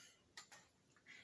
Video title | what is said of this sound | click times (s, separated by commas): Polo Cologne Intense by Ralph Lauren | Now it clicks into place. | 0.4 s